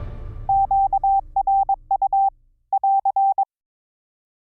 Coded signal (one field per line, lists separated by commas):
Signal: Morse code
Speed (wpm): 22 wpm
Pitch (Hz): 780 Hz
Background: none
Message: QRU <AR>